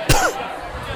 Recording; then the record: coughing mixed with background sound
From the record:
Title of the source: Coughing 51